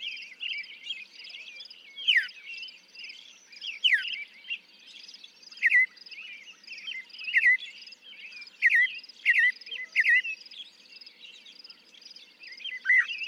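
Northern mockingbird song: varied downslurred whistles and chirps at irregular intervals, with a continuous high buzzing trill throughout.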